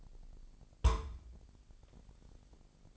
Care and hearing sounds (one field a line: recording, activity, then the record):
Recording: daily activity, microphone in the room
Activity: place on stove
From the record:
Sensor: 5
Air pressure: 999.4 hPa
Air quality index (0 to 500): 224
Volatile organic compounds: 22 ppm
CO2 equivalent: 2744 ppm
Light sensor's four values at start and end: 31/71/29/28 and 30/69/28/28